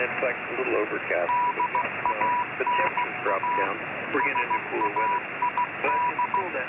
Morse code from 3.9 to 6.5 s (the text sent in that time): SAID